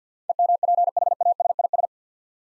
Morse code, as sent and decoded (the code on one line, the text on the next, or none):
. -- .--. .... .- ... .. ...
EMPHASIS